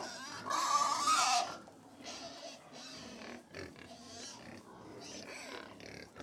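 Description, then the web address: Pigs at feed, a loud shrill squeal at the start followed by a quieter mix of grunts, snorts and short squeals. About 100 pigs feeding; livestock. "BBC Sound Effects Library BBC Livestock 1 Approx 100 Pigs Feeding - Middle"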